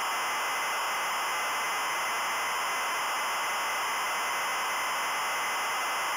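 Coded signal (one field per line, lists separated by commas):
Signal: ZX Spectrum tape loading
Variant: Adventurer custom loader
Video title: Adventurer ZX Spectrum loader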